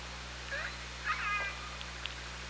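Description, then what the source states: Orca calls: two short rising and falling tonal calls with stacked harmonics near the middle, over steady hiss and low hum. Recorded by OrcaLab on 24 August 2017.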